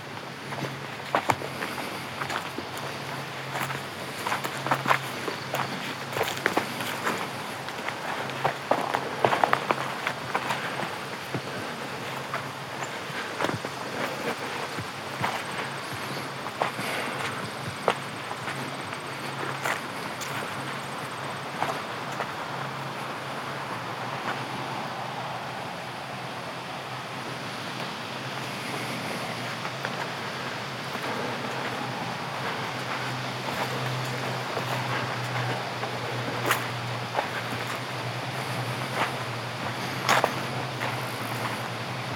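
Leaves crackle crisply in frequent bursts over a steady low hum of passing cars, with a soft continuous wash like a calm creek.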